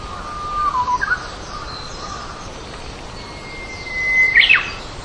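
Japanese bush warbler song: a long steady whistle ending in a quick flourish, then a second higher whistle with a sharp twisting end.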